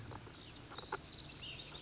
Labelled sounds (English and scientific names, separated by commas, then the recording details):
Ash-throated Flycatcher (Myiarchus cinerascens)
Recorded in Sonoma County, California